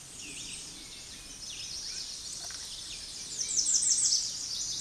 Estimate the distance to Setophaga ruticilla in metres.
about 20 m